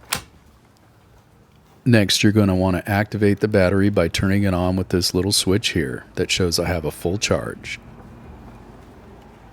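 A 7.5 amp hour lithium-ion tool battery pack is slid onto the battery port of an EGO 400 watt portable power inverter and latches home with a sharp, loud click at 0.1 s. After a quiet stretch, someone talks from about 1.9 s to 7.7 s, and a low background hum remains at the end.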